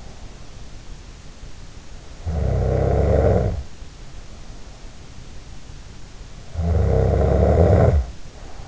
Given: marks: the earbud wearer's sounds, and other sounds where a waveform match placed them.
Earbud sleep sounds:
sounds in sleep by an in-ear microphone; snoring breath
1.94-3.94 s: snoring breath
6.28-8.68 s: snoring breath

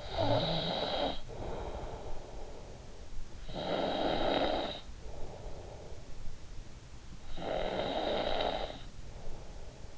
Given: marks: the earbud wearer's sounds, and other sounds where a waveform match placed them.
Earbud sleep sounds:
sounds in sleep by an in-ear microphone; snoring breath
0.00-3.00 s: snoring breath
3.20-6.25 s: snoring breath
7.05-9.46 s: snoring breath

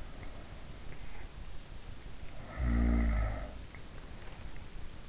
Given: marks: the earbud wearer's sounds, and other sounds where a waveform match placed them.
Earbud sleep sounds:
sounds in sleep by an in-ear microphone; snoring breath
2.65-3.65 s: snoring breath

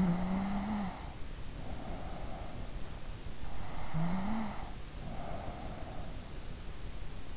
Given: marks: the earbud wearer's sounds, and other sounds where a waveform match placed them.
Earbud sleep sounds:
sounds in sleep by an in-ear microphone; snoring breath
0.00-2.80 s: snoring breath
3.82-6.40 s: snoring breath

